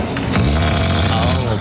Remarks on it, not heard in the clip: I snore a lot. This is evidence of your snoring last evening. that's a deep sleep. That is a big snore.